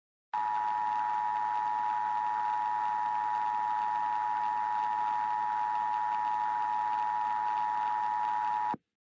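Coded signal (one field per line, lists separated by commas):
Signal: Emergency Alert System (SAME) tones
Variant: 853 and 960 Hz attention tone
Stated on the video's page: Fictional EAS scenario, remastered in higher quality.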